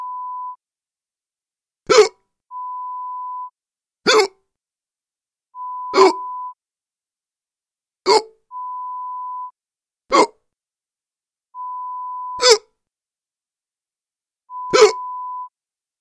Hiccup sounds.